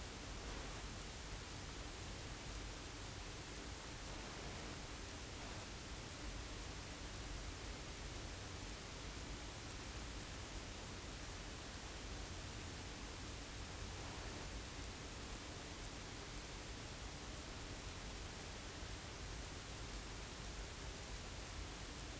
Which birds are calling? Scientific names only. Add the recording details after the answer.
none. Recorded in France